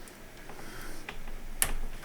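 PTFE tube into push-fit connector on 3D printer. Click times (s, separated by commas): 1.6 s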